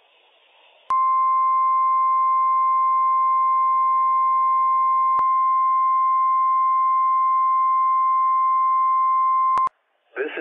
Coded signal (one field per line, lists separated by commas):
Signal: Emergency Alert System (SAME) tones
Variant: 1050 Hz attention tone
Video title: NWS PDT RWT - WWF56 - EAS #75 - 10:36 AM PDT 4/7/21